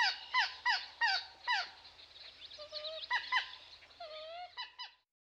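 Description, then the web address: Common moorhen calls, clucking honks at first, then drawn-out slurred notes and a few final clipped calls before quiet. "Dan Gibson Wildlife Identification By Sound, Eastern North America Pt 1. Common Moorhen"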